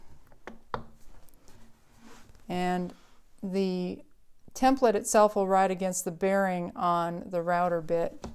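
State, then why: Seated. A wooden crest rail blank is set on a routing jig and clamped down, with a soft knock at 0.5 s followed by a sharp loud snap at 0.7 s as the clamp locks the workpiece in place. A few faint ticks follow, then someone talks.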